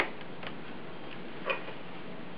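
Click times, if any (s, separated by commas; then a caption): 0.5 s, 1.5 s. The extreme edges of the plastic screen bezel on a Compaq Presario B1800 laptop are pressed, avoiding the screen itself, so the bezel clips snap into the display lid. Two short, sharp clicks are heard at 0.5 s and 1.5 s over a quiet background, the second louder. The bezel clips seat in the lid.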